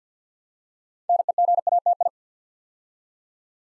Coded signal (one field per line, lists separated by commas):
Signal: Morse code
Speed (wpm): 48 wpm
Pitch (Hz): 700 Hz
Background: none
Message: NEGATI